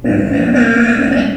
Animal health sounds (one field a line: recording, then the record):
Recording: squeal of a Yucatan mini pig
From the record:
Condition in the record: after surgery on the right vocal fold (resection and tissue-engineered implant)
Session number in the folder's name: 3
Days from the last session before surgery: 21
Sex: female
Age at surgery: 19 weeks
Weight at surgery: 25 kg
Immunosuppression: prednisolone